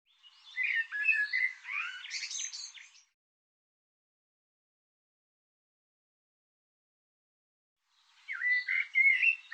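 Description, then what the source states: Bird song in two bursts of rapid, varied chattering and whistled notes, a long silent gap between them. Recording cleaned and normalized; bird labelled 'Tu Me Tu Me'.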